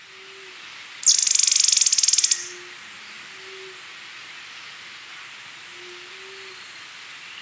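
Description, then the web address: Cinnamon flycatcher giving one sharp, very high buzzy trill of rapid pulses for over a second, followed by regular faint ticks and low hums in the background. Recorded in Ecuador. "Birds of Ecuador. Cinnamon Flycatcher"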